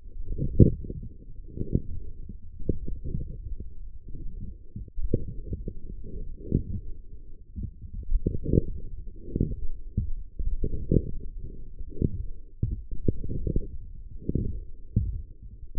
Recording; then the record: forearm muscle sounds (acoustic myography)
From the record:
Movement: forearm supination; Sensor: system 1, eight BSWA MPA416 microphones around the upper forearm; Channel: 7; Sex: male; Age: 20 years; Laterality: left